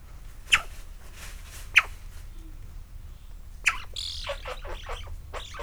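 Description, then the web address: Eurasian magpie giving harsh, rasping chatter bursts in a quick series near the end, after a few sharp isolated clicks. Zoo ambience in Miskolc, 27 May 2009. "miskolcizoo 2009 standardt szarka hangulatkep 05 27"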